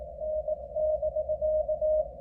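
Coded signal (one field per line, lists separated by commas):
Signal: Morse code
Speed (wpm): 19 wpm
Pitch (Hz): 620 Hz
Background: none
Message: N<BK>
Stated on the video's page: Beginner's CW contacts on 30m made from inside a car while operating portable, likely a POTA activation, with frequent sending errors.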